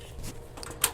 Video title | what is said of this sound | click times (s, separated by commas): Dell PowerEdge R6525 - How To Rack a Server - Server Racking - Sliding Rails - Rackmount Server | So Angel's going to click it into place, and I'm just going to come right here, number 7. | 0.8 s